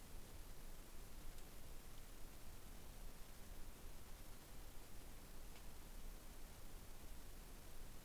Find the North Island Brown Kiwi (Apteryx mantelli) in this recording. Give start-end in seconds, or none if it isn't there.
none